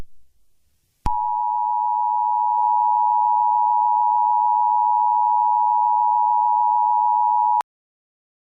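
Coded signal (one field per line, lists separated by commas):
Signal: Emergency Alert System (SAME) tones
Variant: 853 and 960 Hz attention tone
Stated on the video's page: Fictional EAS scenario, remastered version.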